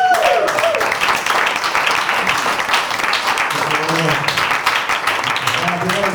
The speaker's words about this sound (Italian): quindi un grande applauso per Giorgio Magri